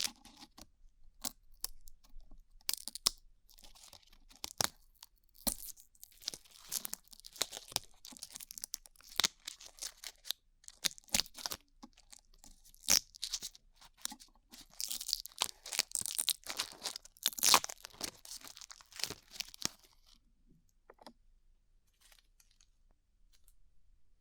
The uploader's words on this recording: ASMR Peeling Glue Off Your Ears (No Talking).